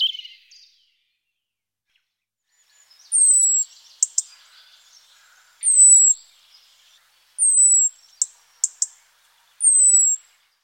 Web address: la rochelle. Rougegorge familier